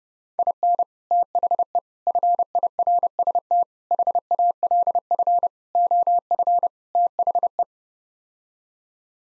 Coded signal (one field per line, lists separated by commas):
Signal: Morse code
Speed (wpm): 32 wpm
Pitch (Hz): 700 Hz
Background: none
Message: IN THE FIRST HALF OF THE